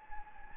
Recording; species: mosquito wingbeat signal from an infrared sensor; Anopheles gambiae